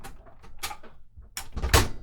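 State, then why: Seated. A removable section of the housing of a Torpedo (Blue Bird) Dynacord S Office portable typewriter is put back onto the typewriter frame and pressed until it snaps into position. Scraping and handling noises lead up to a sharp click at 1.4 s, followed by louder handling. The section is seated back in place.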